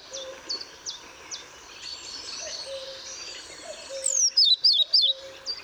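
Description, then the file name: European pied flycatcher song: a loud burst of sharp, sweet, rapidly alternating notes near the end, over faint chatter from other birds and a low, steady repeated note. Recorded at Paehl on 1 May 2014. "Trauerschnaepper 01 05 2014 Paehl WM Michle Pron"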